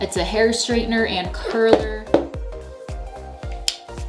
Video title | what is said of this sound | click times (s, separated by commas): ELLESYE Hair Crimper review | locks in place and you want to use it as a hair color | 3.7 s